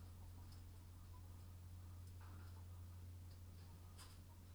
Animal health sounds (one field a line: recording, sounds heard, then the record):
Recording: poultry house recording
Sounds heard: sick chickens (respiratory disease)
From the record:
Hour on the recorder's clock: 22